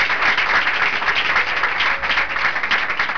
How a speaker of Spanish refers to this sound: ¿Cuánto le alabo esta noche? Ahí está. Bueno, alábelo pues. Y va a aplaudir al Señor, aplauso.